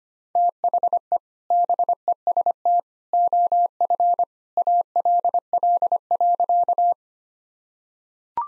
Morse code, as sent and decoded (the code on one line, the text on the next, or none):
- .... . / -... . ... - / --- ..-. / .- .-.. .-.. .-.-.-
THE BEST OF ALL.